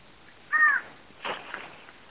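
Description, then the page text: Variable antshrike giving one nasal, downward-curving note, followed by a fainter, rougher burst of sound. Adult male; several birds seen in a park; Argentina, 21 August 2011. "Choca-da-mata (Thamnophilus caerulescens) Choca-Comun---PP-Cruce-Caballero. Varios ejemplares avistados en el parque"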